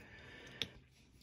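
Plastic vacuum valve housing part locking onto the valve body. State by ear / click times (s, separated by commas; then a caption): seated / 0.6 s. A plastic housing part of a linkage-operated Mercedes vacuum valve (123 070 00 46) with an O-ring seal is pressed onto the valve body to seal its chamber. A single sharp tick sounds at 0.6 s, followed by a fainter tick near 1.2 s, against low background noise. The part locks into place and the chamber is sealed.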